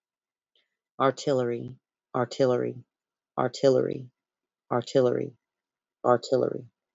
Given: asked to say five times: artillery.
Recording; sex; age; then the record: repeated word; female; 30 to 39 years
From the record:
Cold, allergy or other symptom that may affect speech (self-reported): no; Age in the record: 32 years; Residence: United States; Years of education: 16